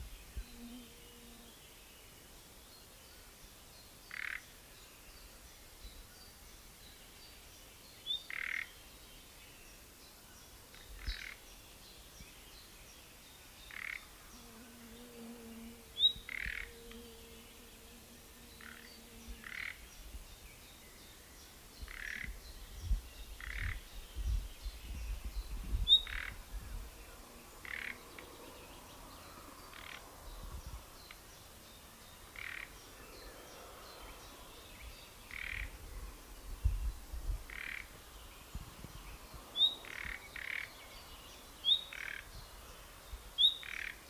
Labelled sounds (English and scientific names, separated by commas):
Common Nightingale (Luscinia megarhynchos) alarm call